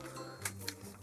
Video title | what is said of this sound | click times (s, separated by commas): JUST TRANSFORM IT!: Transformers/G.I. Joe Soundwave Dreadnok Thunder Machine | and then you take these back sections here bring them down we snap into place | 0.5 s, 0.7 s